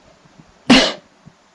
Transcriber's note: cough